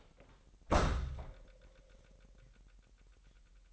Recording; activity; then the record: daily activity, microphone in the room; close door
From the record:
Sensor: 3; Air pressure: 998.3 hPa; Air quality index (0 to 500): 136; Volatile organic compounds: 4 ppm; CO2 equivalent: 1632 ppm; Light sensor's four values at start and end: 15/39/16/16 and 15/39/16/16